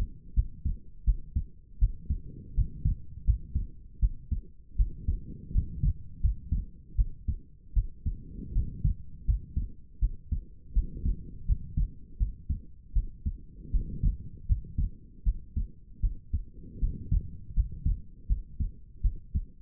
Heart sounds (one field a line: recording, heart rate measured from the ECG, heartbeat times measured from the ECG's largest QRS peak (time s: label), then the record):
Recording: heart sounds by stethoscope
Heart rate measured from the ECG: 80 bpm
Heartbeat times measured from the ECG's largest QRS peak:
0.34 s: heartbeat
1.05 s: heartbeat
1.79 s: heartbeat
2.55 s: heartbeat
3.25 s: heartbeat
4.00 s: heartbeat
4.76 s: heartbeat
5.52 s: heartbeat
6.21 s: heartbeat
6.96 s: heartbeat
7.73 s: heartbeat
8.53 s: heartbeat
9.25 s: heartbeat
9.99 s: heartbeat
10.73 s: heartbeat
11.46 s: heartbeat
12.17 s: heartbeat
12.93 s: heartbeat
13.71 s: heartbeat
14.46 s: heartbeat
15.23 s: heartbeat
16.00 s: heartbeat
16.79 s: heartbeat
17.54 s: heartbeat
18.27 s: heartbeat
19.01 s: heartbeat
From the record:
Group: healthy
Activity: rest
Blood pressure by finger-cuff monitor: 93/59 mmHg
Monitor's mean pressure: 69 mmHg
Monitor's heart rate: 80 bpm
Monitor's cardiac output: 6.4 L/min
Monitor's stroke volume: 81 mL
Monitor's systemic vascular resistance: 760 dyn s/cm5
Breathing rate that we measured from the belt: 20 breaths a minute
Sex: female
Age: 19 years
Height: 163 cm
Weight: 48.9 kg